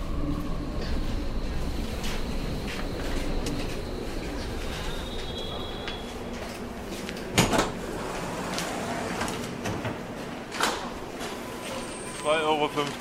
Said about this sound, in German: Und schon klappern die ersten Münzen in den Becher.